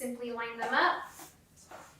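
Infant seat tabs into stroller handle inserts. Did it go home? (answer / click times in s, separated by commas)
no / none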